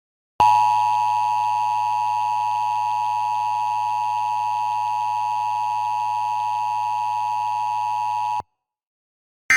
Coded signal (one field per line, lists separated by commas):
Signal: Emergency Alert System (SAME) tones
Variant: 853 and 960 Hz attention tone